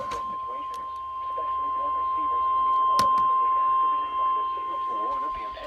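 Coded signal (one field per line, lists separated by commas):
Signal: Emergency Alert System (SAME) tones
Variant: 1050 Hz attention tone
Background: speech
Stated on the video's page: Weekly tests on NOAA Weather Radio.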